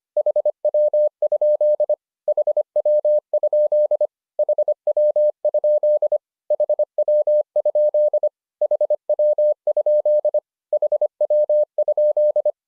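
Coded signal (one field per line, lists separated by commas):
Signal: Morse code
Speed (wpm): 25 wpm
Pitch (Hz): 600 Hz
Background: none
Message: HW? HW? HW? HW? HW? HW?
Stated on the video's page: Morse lesson drilling the abbreviation HW?, a rubber-stamp QSO phrase.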